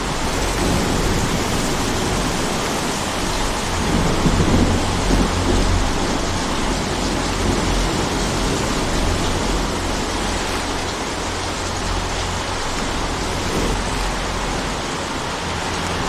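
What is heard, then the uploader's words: Gentle rain falls as a steady, dense hiss that stays even from start to finish. A low rumble sits underneath, swelling a little around the four-to-six second mark, with a faint hum running through the lowest tones. Gentle rain sounds. The rhythmic patter of raindrops.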